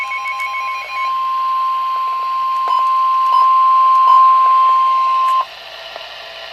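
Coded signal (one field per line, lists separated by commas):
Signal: Emergency Alert System (SAME) tones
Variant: 1050 Hz attention tone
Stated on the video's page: Severe thunderstorm warning issued by the National Weather Service in Taunton.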